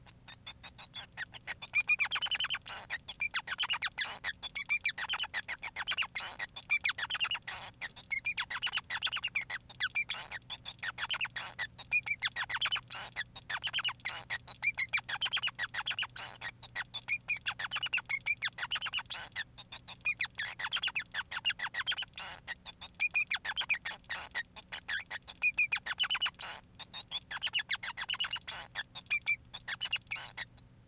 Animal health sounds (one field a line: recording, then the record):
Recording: song of a male Bengalese finch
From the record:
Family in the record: son of father 5